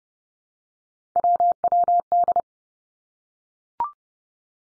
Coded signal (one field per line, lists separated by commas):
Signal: Morse code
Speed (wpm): 32 wpm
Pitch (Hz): 700 Hz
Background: none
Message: WWD